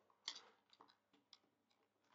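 A small plastic jeep is pushed into its slot on a Diaclone DA-14 Big Powered GV transforming toy, with a sharp plastic click at 0.3 s. Fainter ticks follow. The jeep clips into place and is seated.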